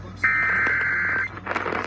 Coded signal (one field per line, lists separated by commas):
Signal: Emergency Alert System (SAME) tones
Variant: header bursts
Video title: EAS #1002-1003 Severe Thunderstorm Warning for my county on WLS-AM, WLS-FM HD2